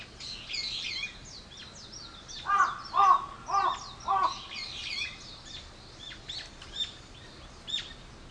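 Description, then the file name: Bird calls: four harsh, cawing notes in a quick row midway, set against a busy chorus of high chirps and short whistles from other birds. "wild bird"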